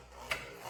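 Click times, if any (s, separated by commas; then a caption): 0.3 s. A plastic Hasbro Beyblade Burst QuadDrive spinning top is pressed onto its plastic holder and turned, with a small shape over the centre, over a low rubbing noise. It clips in with a sharp click at 0.3 s, and the top is seated in its holder.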